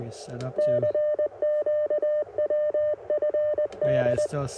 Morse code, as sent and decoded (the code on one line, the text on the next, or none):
-.-. --.- .-- ..-. -..
CQWFD